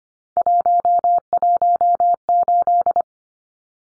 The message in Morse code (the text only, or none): 118